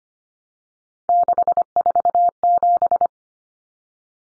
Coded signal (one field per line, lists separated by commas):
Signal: Morse code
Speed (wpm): 25 wpm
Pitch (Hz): 700 Hz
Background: none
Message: 647